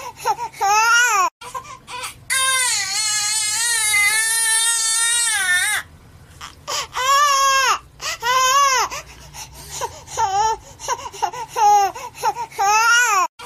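A baby cries in repeated wailing bursts, each a high-pitched tonal cry with a clear rising and falling melody, broken by short gasping pauses. The longest cry lasts about three and a half seconds.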